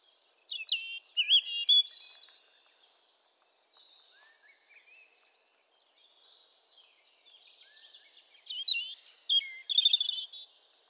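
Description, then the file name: European robin song in two bursts of sparkling, twittering phrases, separated by several seconds of near silence with only faint soft notes. "Erithacus rubecula"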